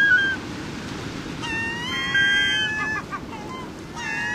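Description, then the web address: Glaucous-winged gull calling with drawn-out, nasal mewing notes, some rising then held, over a steady wash of surf. North America. "Songs of Birds of North America Stokes. Glaucous-winged Gull"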